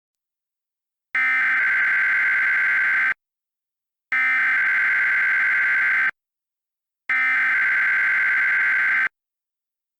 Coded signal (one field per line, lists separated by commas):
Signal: Emergency Alert System (SAME) tones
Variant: header bursts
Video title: EAS - New York Tornado Drill (re-upload)